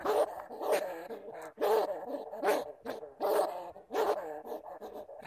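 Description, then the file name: Bamboo rat calling with rough, grating cries, several in a few seconds. "Tieng dui keu"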